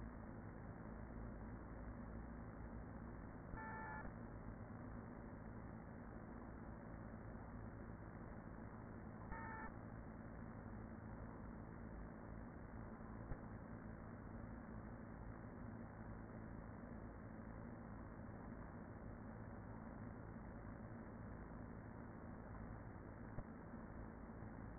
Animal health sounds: honeybee colony, microphone inside the hive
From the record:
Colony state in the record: queen present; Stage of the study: after two queens were removed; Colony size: about 40,000 bees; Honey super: no

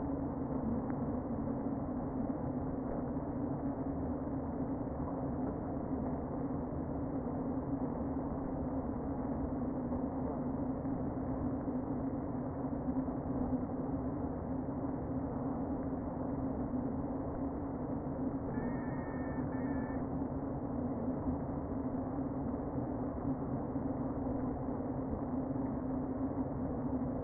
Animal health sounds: honeybee colony, microphone inside the hive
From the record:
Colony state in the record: queen present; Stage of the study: before two queens were removed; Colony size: about 60,000 bees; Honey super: yes

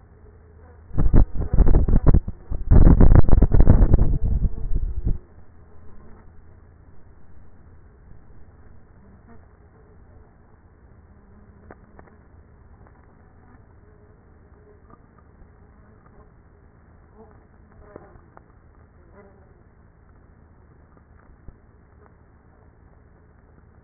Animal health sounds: honeybee colony, microphone inside the hive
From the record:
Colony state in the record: queenless with a low population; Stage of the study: after two queens were removed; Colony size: about 30,000 bees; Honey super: no

